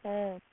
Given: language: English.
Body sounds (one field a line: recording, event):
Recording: throat vibration sensor signal played as sound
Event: speech